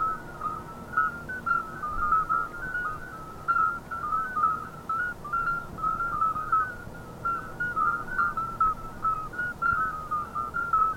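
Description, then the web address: Common midwife toads calling in chorus, many short, clear, bell-like piping notes overlapping continuously at similar pitches. A chorus of several toads calling together. "jurapark. Geburtshelferkröte Chor"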